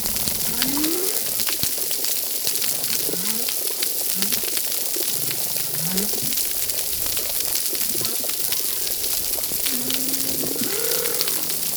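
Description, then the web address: Humpback whale song with a series of rising swoops and short upsweeps spread throughout, set against dense snapping crackle. Recorded at reef site 10. "Brigitte RECIFS Recif 10 Humpback Whales"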